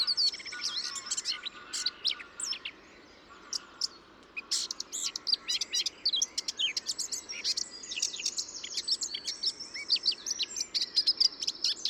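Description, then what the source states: Bird song full of dense high chirps and buzzy rattles, quiet for a moment early on, then a long stream of mixed sharp notes. Described as hyper-imitative.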